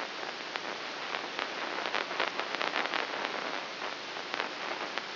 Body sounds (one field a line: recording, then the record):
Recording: brain microelectrode recording played as sound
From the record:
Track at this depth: inside the subthalamic nucleus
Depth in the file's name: 1.405 mm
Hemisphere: right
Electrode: 3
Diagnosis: Parkinson's disease